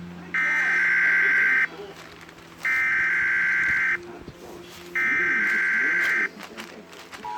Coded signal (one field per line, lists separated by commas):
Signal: Emergency Alert System (SAME) tones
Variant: header bursts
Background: speech